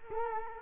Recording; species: mosquito wingbeat signal from an infrared sensor; Culex quinquefasciatus